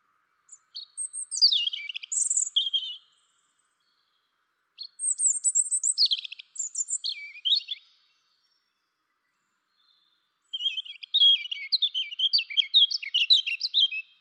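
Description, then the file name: European robin song: three varied high-pitched phrases of tumbling, sliding notes and fast trills, each a few seconds long and separated by short silences. "Erithacus rubecula"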